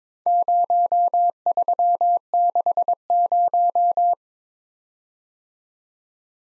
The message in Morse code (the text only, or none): 0360